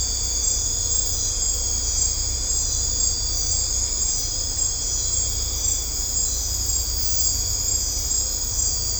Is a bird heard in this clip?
no